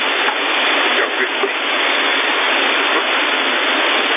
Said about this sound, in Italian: No, la doccia.